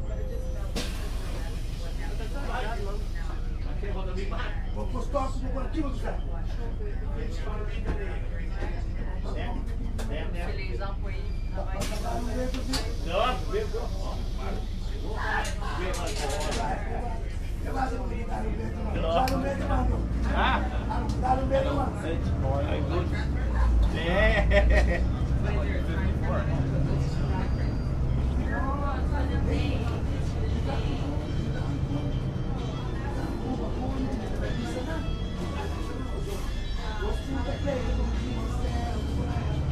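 Aboard a local bus, people talk over a steady low engine rumble, with the drone growing heavier and road noise rising after twenty seconds.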